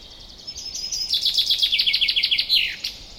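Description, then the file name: Common chaffinch song: a rapid series of bright notes in a trill, closing with a short downward flourish. "Fringilla coelebs"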